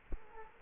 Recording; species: mosquito wingbeat signal from an infrared sensor; Culex quinquefasciatus